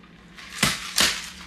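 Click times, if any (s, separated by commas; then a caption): 0.6 s, 1.0 s. A sealed metal cocktail shaker tin, held down with a thumb, is struck on its side at a 45 degree angle to break the seal on a second tin. Sharp pops ring out at 0.6 and 1.0 seconds as the tins pop apart and release.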